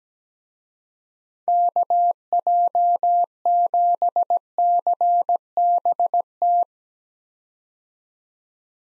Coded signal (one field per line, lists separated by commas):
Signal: Morse code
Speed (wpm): 17 wpm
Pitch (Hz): 700 Hz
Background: none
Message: KJ7CBT